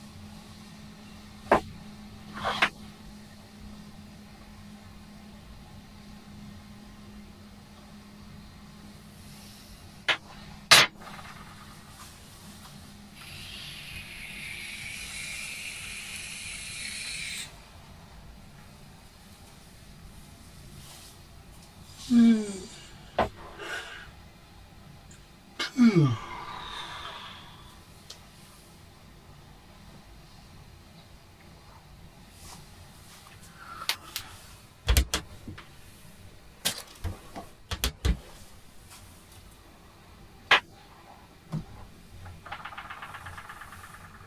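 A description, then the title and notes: A morning cup of tea being made: a low hum fills the first ten seconds, with sharp clinks scattered throughout. A bright hissing rush runs from about 13 to 17 seconds, gurgling sweeps follow near 22 and 26, and more taps cluster late. A morning cup of tea - Apartment 16, Mowbray House.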